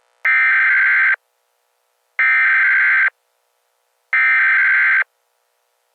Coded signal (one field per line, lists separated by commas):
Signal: Emergency Alert System (SAME) tones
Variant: header bursts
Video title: EAS scenario #4 jimi.exe II the nation is under attack!